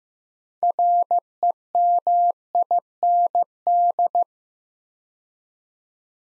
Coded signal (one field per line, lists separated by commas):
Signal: Morse code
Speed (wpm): 15 wpm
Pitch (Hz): 700 Hz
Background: none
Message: REMIND